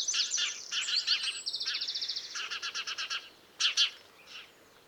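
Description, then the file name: House sparrow chatter: dense overlapping chirps and a fast stuttering series of notes, then two louder chirps and a fading call. "Passer domesticus"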